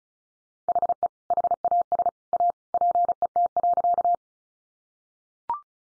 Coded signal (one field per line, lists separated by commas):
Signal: Morse code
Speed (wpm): 34 wpm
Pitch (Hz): 700 Hz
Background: none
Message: HE HAS A PET.